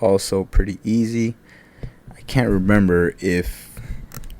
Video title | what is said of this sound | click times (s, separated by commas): Trish Una Vers. Black SAS Review JoJo's bizarre adventure | swapping out the head is pretty easy I think I can hear the pop when you apply it | 4.2 s